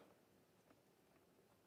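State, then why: Not seated. A threaded part is worked into its mount during assembly of an FMS Su-27 twin 70mm RC jet model, in an attempt to start the thread and lock it into place. Only a quiet, low-level background with faint soft ticks is heard, with no sharp click at any point. Nothing has seated or clicked yet, and the part fails to lock into place.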